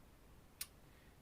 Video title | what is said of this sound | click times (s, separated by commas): 👌 Meuleuse d'angle sans fil PARKSIDE PERFORMANCE 🇫🇷 | Donc vous n'avez pas besoin d'enlever le capot. Elle se clipse dedans. | 0.6 s